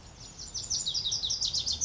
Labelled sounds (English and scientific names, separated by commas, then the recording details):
Lazuli Bunting (Passerina amoena)
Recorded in Sonoma County, California